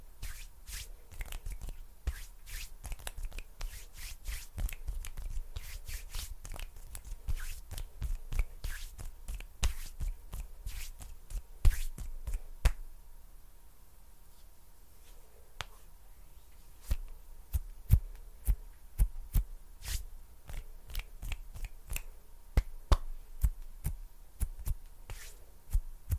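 Sticky hand sounds and finger snaps come in fast, irregular bursts of sharp clicks and smacks. The activity thins out around the middle, roughly 13 to 16 seconds, then picks back up. A faint steady hum runs underneath throughout.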